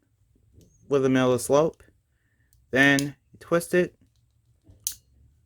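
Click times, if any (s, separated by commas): 4.9 s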